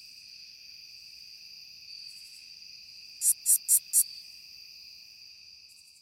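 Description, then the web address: Curve-tailed bush katydid song: four loud, high buzzy lisps evenly spaced, plus fainter similar bursts before and after, against constant high insect droning. "The Songs of Insects. Curve-tailed Bush Katydid"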